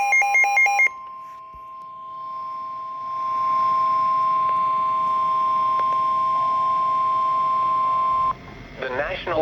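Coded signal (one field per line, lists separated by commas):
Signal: Emergency Alert System (SAME) tones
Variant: 1050 Hz attention tone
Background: speech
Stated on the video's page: Severe Thunderstorm Warning and Tornado Warning received on weather radio.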